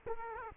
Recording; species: mosquito wingbeat signal from an infrared sensor; Culex quinquefasciatus